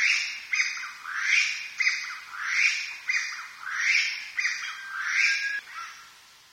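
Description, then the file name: Chinese bamboo partridge song: loud, rasping rising notes repeated in a steady series. "kojukei"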